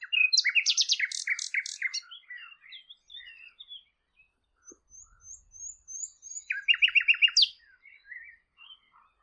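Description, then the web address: Bird song with rapid chattering trills at the start and again near seven seconds, between them scattered high thin chirps and short whistled notes. "Bird Only"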